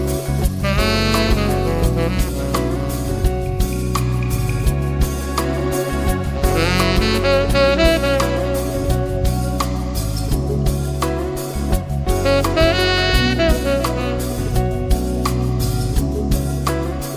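Smooth jazz plays at a steady, even level, with a warm low bass line holding sustained notes underneath. A bright melodic lead rises in repeated swells near 1, 7 and 13 seconds, while soft chords and light percussion fill the space between.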